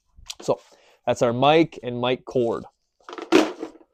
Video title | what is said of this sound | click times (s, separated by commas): Medium/Large PA | Just click that down, pull it out. | 0.3 s